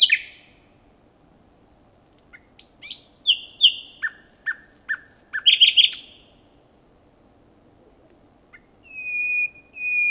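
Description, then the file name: Common nightingale song: a varied phrase of sharp repeated notes and rapid trills, followed by a pause and long steady pure whistled notes to finish. "Luscinia megarhynchos"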